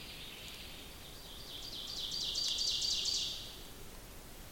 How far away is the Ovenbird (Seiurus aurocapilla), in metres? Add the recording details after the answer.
about 45 m. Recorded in boreal forest in Alberta, Canada, on 28 May 2016 at 05:50. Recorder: SongMeter 3, array SBT-3-49. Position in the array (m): 41 m, 142 m. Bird 15